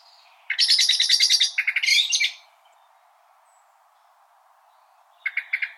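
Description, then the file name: Common blackbird giving a harsh, rattling chatter of rapid scratchy notes for about two seconds, then a brief second burst near the end after a quiet pause. "Turdus merula"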